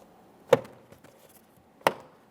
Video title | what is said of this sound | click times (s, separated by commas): How to Replace Rear Interior Door Handles 2014-2019 Toyota Corolla | Audible click all the way around confirming it's properly secured. | 0.5 s, 1.9 s